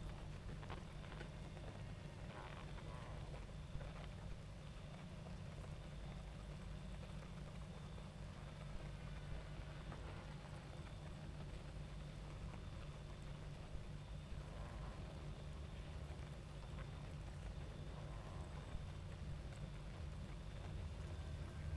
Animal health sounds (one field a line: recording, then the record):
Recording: honeybee colony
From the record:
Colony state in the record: active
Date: 28 July 2017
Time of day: 22:34